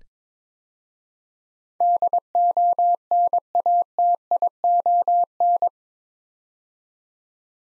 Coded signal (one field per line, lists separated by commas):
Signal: Morse code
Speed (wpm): 22 wpm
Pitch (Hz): 700 Hz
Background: none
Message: DONATION